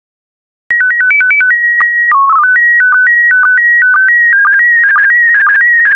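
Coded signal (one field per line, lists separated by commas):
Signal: SSTV (slow-scan television)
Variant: PD 120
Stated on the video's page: Christmas SSTV transmission in PD120 format.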